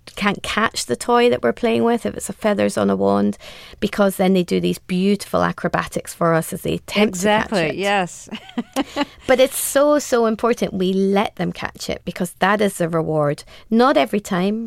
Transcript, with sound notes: catch the toy that we're playing with, if it's the feathers on a wand, because then they do these beautiful acrobatics for us as they attempt to catch it.
Exactly, yes (laughter)
But it's so, so important we let them catch it because that is the reward, not every time.